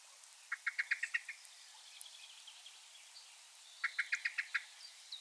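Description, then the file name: Common blackbird chink call: two tight series of several sharp ticking notes, separated by a quiet gap with faint bird chirps. "Turdus merula"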